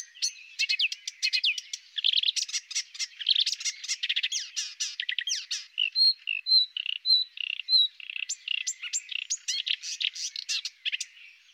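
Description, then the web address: Marsh warbler song, a fast, varied chatter of high trills, buzzy notes and clear whistled phrases running continuously without pause. "IVN Zangvogels. Bosrietzanger"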